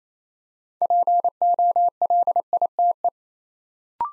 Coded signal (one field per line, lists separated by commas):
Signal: Morse code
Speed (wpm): 28 wpm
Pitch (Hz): 700 Hz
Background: none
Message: POLITE